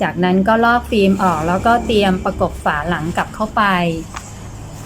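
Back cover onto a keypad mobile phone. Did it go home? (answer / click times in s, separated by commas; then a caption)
no / none. A plastic back cover is being handled for fitting back onto a keypad mobile phone after a protective film is peeled off, while a woman talks throughout. No distinct snaps stand out, and nothing has seated or clicked yet.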